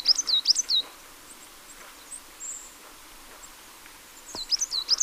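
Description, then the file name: Marsh tit calls, a quick burst of several high descending chirps, a pause of about three and a half seconds, then another short run of similar chirps. "Poecile palustris"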